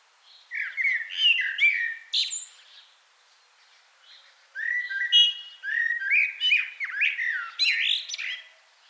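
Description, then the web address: Common blackbird singing two long phrases of rich whistled, warbling notes ending in scratchy high twitters, with a silent gap between them. "SETE Turdus merula"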